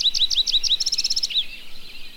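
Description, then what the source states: Yellow-eyed Junco calling: a string of five slurred high chirps, then a fast, even trill and a last falling note. Altitudinal migration: some nest at higher elevations in warm summer months, where ground nests are safer from predators, then move down to valleys and desert floor in winter for food.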